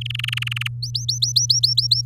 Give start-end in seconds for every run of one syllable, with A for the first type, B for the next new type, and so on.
0.01-0.68 A, 0.82-2.05 B